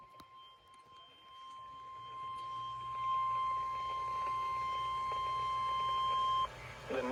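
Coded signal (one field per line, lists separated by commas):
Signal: Emergency Alert System (SAME) tones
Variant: 1050 Hz attention tone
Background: speech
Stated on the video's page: Severe thunderstorm warning tones received from NOAA weather radio transmitters at 162.425 and 162.475 MHz, Janesville, Wisconsin and Rockford, Illinois.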